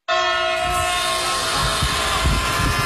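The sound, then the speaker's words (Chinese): A high-speed train on Turkey's Ankara–Istanbul high-speed railway, on the Anatolian plateau, rushes past in a steady, loud roar, with sustained tonal whines layered over rumbling low-end bursts and rattling as the cars stream by. “土耳其安纳托利亚高原曾是古丝绸之路的必经之地，如今古道驼铃早已远去，奔驰而过的高速列车成为丝绸之路上的新景观。”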